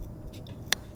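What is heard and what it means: The metal latch on a spring-loaded steel trap engages with a single sharp click at 0.7 s, which sets the trap and leaves it loaded. A faint tick comes just before it, over a low background rumble.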